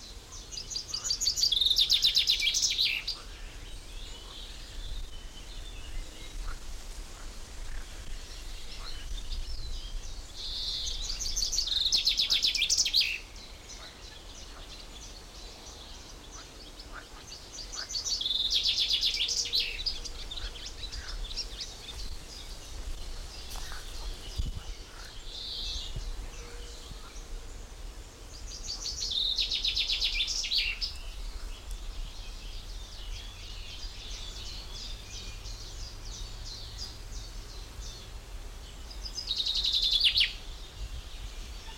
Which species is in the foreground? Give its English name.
Common Chaffinch